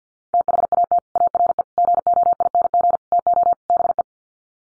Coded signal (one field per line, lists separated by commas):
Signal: Morse code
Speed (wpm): 50 wpm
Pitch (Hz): 700 Hz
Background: none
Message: THAT ARE GOING TO BE